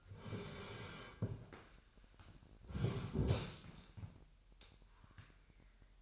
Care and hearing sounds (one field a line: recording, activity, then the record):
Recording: daily activity, microphone in the room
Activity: sit down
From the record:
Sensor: 2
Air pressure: 998.4 hPa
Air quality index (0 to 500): 128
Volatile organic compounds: 3 ppm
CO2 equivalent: 1450 ppm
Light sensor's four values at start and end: 6/13/6/6 and 7/16/6/7